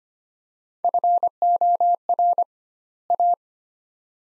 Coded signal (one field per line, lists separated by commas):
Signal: Morse code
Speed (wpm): 25 wpm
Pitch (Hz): 700 Hz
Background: none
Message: FOR A